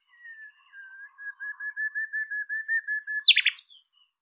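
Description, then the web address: Bird singing a long, wavering whistled note held for about three seconds, ending in a brief rapid descending trill. "cianscape birddata Deverinetal 2025"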